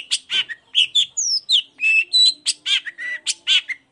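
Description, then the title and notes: Long-tailed shrike song, a quick varied medley of harsh chattering notes mixed with clear whistles, some slurred downward, delivered almost without pause. Cendet singing in the morning with varied 'toet toet' notes; used as a lure to provoke other shrikes into answering. "Cendet Gacor Dor Di Kala Pagi Toet Toet Variasi Suara. Pancingan Emosi Cendet Gacor Full Variasi Toet Toet Bikin Nyaut Cendet Lain Langsung Ikutan Bunyi. Burung cendet"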